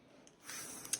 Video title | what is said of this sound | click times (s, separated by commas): Préparation de toile & Première avis # 2 | ça en à la petite clique pour me dire que ça c'est bien enclenchée | 0.9 s